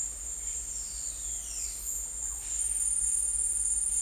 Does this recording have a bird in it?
no